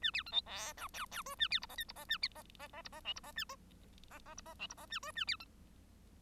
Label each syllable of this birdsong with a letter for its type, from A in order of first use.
A B C D E F G G H A B I J K I J A J J J I J L I J A J J I J L I J A H A B C